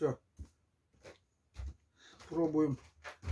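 A code dial on a combination lock is rocked back and forth under tension while someone talks, with a few soft handling sounds between the words. Nothing has seated or caught into position yet by the end.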